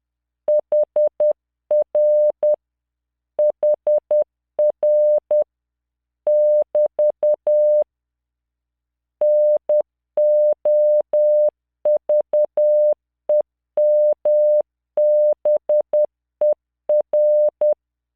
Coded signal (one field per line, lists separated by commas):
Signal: Morse code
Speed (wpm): 10 wpm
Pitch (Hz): 600 Hz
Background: none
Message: HR HR <BT> NOVEMBER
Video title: tamanのモールス練習動画37（モールス信号 速度10WPM morse code)